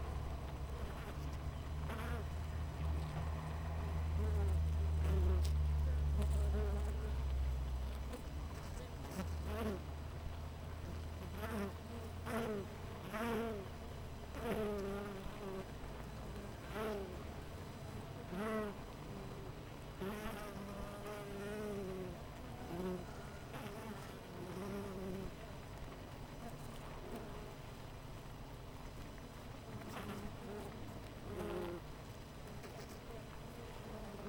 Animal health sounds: honeybee colony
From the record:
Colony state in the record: missing queen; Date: 14 July 2017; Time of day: 7:53

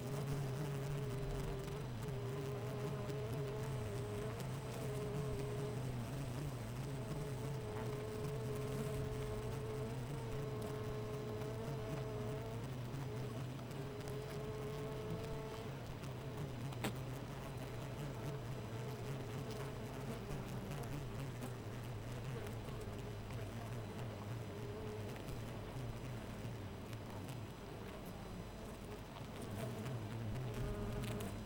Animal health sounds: honeybee colony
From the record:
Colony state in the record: missing queen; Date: 14 July 2017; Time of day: 4:42

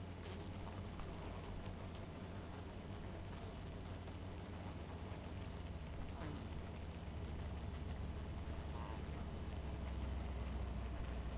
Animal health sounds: honeybee colony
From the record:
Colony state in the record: missing queen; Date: 14 July 2017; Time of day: 0:56

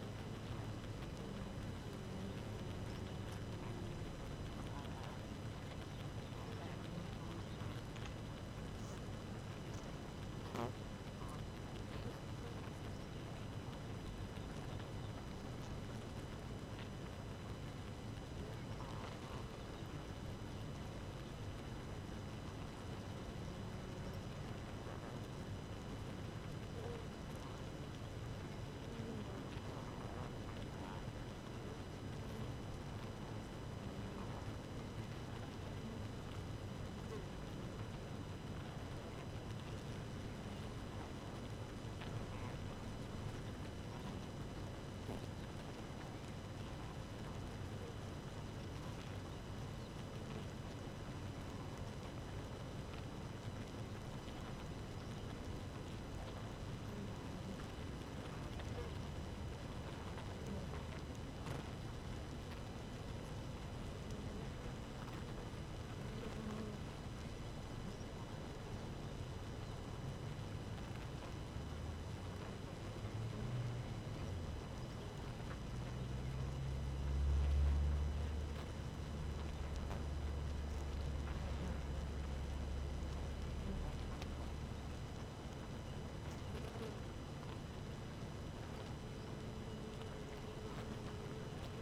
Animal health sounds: honeybee colony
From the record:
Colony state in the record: active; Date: 12 June 2018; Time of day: 4:42

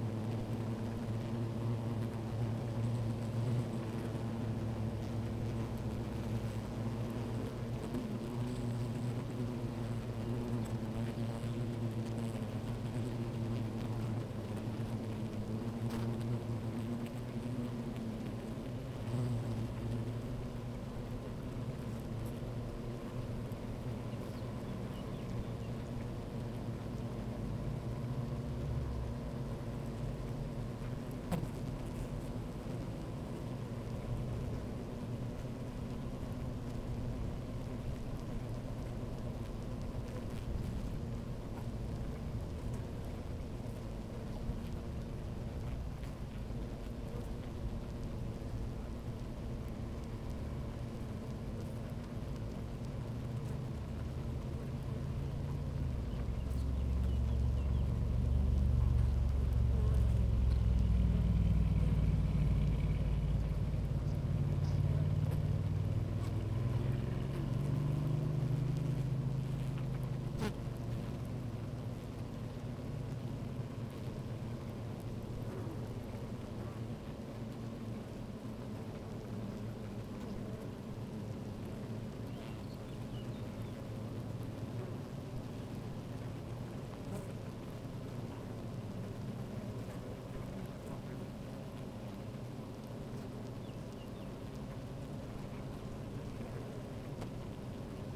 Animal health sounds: honeybee colony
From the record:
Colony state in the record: active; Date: 28 July 2017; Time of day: 12:33

